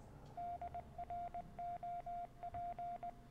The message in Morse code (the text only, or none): DROP